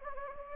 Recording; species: mosquito wingbeat signal from an infrared sensor; Anopheles gambiae